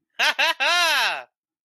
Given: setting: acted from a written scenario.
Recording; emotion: vocal sound without words; elation